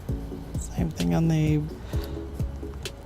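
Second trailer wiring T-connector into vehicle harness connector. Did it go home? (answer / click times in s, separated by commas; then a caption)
yes / 2.9 s. A second plastic trailer wiring T-connector plug is pushed into the vehicle harness connector of a 2011 Nissan Rogue while someone talks over background music. A sharp click at 2.9 seconds shows the connector has seated and is secured.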